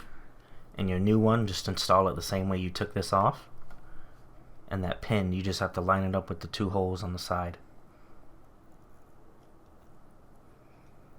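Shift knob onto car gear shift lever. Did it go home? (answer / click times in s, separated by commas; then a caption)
no / none. Someone talks while lining up the pin of a new shift knob with the two holes on the side of the gear shift lever of a 2020 Corolla with a CVT, before pushing the knob home. Two faint ticks are heard at about 3.6 and 3.7 seconds during the talking, and the clip then goes quiet. Nothing has seated or clicked yet.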